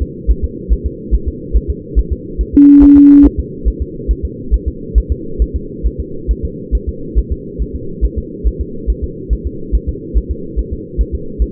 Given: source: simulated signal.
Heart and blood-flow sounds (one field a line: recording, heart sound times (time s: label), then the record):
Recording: fetal heart sounds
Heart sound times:
0.02 s: S2
0.31 s: S1
0.44 s: S2
0.72 s: S1
0.86 s: S2
1.14 s: S1
1.28 s: S2
1.56 s: S1
1.70 s: S2
1.99 s: S1
2.12 s: S2
2.41 s: S1
2.55 s: S2
2.83 s: S1
2.97 s: S2
3.26 s: S1
3.40 s: S2
3.68 s: S1
3.82 s: S2
4.11 s: S1
4.25 s: S2
4.54 s: S1
4.68 s: S2
4.98 s: S1
5.12 s: S2
5.42 s: S1
5.56 s: S2
5.87 s: S1
6.00 s: S2
6.31 s: S1
6.45 s: S2
6.75 s: S1
6.89 s: S2
7.19 s: S1
7.32 s: S2
7.62 s: S1
7.75 s: S2
8.05 s: S1
8.18 s: S2
8.47 s: S1
8.61 s: S2
8.90 s: S1
9.04 s: S2
9.33 s: S1
9.47 s: S2
9.75 s: S1
9.89 s: S2
10.18 s: S1
10.31 s: S2
10.59 s: S1
10.73 s: S2
11.01 s: S1
11.15 s: S2
11.42 s: S1
From the record:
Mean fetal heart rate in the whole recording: 140 bpm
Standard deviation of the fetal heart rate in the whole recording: 2 bpm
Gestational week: 34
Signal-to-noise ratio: -4.3 dB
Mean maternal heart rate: 72 bpm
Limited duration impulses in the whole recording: present